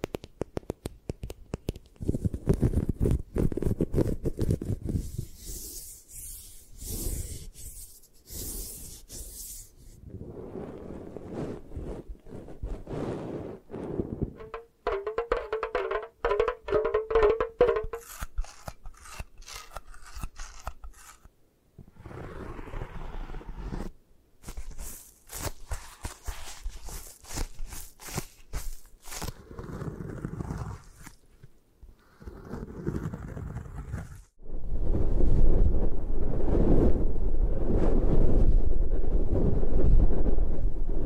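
An eye massage with rubbing and scratchy brushing sounds, a brief buzzing tone around fifteen seconds, and a steady loud rumble from thirty-five seconds.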